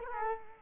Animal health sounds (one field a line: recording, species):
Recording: mosquito wingbeat signal from an infrared sensor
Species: Culex quinquefasciatus